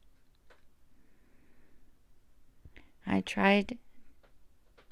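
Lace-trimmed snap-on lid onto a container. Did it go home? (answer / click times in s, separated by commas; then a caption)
no / none. A lid trimmed with hot-glued lace is pressed onto a container, but it no longer fits and does not snap into place. Faint taps and handling noises are heard, with a short sharp hit near 2.8 s and another near 4.9 s, and someone talks briefly around 3.1–3.8 s. Nothing has seated or clicked yet.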